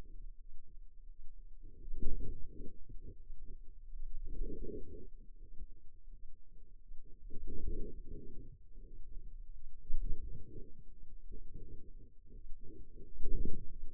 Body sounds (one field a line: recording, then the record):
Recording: forearm muscle sounds (acoustic myography)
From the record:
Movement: wrist extension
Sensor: system 2, bracelet of six BSWA MPA416 microphones around the upper forearm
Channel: 2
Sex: female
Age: 23 years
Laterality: right